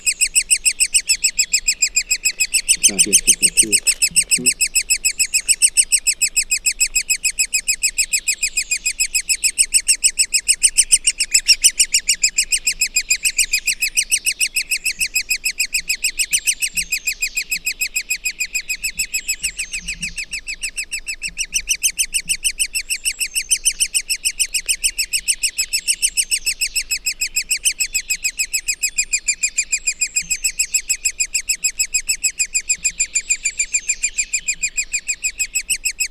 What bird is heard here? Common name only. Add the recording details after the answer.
Great Spotted Woodpecker. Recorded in the wild. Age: juvenile. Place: Krüseliner Mühle, Feldberger Seenlandschaft, Mecklenburg-Vorpommern, DE. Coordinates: 53.2711, 13.4233. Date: 2000-05-27. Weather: wolkenlos, 15°C. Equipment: Sony TCD-D8, Telinga Pro 5. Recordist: Frommolt, Karl-Heinz